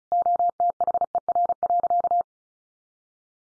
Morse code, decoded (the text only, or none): OTHER.